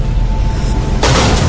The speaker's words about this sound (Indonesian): Pintu kelas itu tiba-tiba terbanting sangat keras. Jantungku hampir copot ketika itu. Aku masih berpikir itu hanya terkena angin.